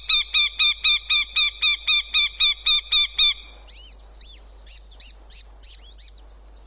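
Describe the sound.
Northern goshawk cackling with loud, harsh notes repeated quickly and evenly for about three seconds, followed by a few faint, high, slurred sounds.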